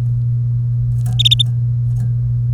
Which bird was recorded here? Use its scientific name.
Serinus canaria